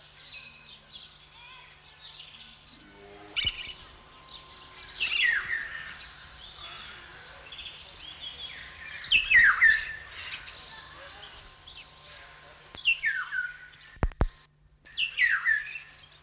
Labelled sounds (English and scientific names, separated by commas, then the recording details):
Black-naped Oriole (Oriolus chinensis)
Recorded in captivity
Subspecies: celebensis
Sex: male
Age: adult
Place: Zoo Berlin, Berlin, DE
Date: 1995-02-25 11:19
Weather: wolkig, 3°C
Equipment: Marantz CP 430, Sennheiser ME 80, Kopie Uher Variocord 263
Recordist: Tembrock, Günter